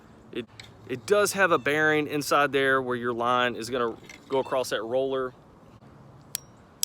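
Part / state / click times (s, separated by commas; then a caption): spinning reel bail wire locking closed on the reel rotor / seated / 6.8 s. Someone talks about a Lew's Laser TXS spinning reel, whose thick wire bail has a line roller with a bearing inside. After the talking stops, a sharp tick comes at about 6.4 s. The wire bail is then flipped back over into its closed fishing position and locks onto the reel rotor with a crisp click at 6.8 s.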